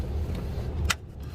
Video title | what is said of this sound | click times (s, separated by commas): V2: Chevy 1.4L Ecotec Replacing the Purge Valve, Cruze, Encore, Trax &Volt | Hear that click. It's done. | 0.9 s